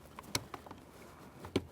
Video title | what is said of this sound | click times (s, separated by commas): How to Replace HVAC Blower Motor Assembly 1994-1997 Honda Accord | with that secured we'll continue on with our electrical connector go ahead and press it in listen for our click give it a tug | 0.3 s